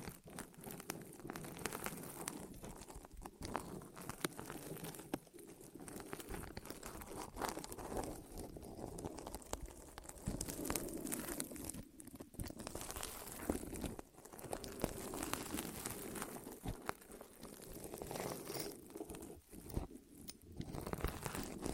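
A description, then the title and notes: ASMR rolling sounds on the ears: dense, continuous rustling and crinkling with soft low rumble, pulsing in irregular swells throughout. ASMR Rolling On Your Ears (No Talking).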